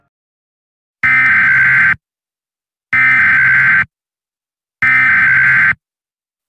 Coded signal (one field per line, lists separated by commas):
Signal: Emergency Alert System (SAME) tones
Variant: header bursts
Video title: EAS Scenario #1: Bishops Of The Old Faith